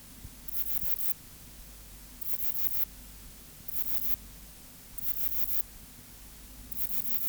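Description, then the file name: Saddle bush-cricket song: rasping high chirps, each under a second, repeated about every one and a half seconds above a steady low hum. "Ephippigerida areolaris"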